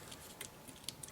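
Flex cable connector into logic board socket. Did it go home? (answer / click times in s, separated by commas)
no / none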